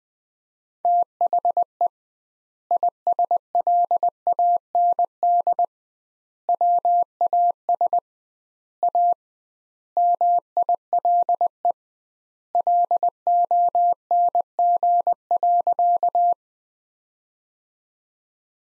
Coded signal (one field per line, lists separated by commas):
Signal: Morse code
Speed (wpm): 20 wpm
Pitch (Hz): 700 Hz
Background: none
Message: THE ISLAND WAS A MILE LONG.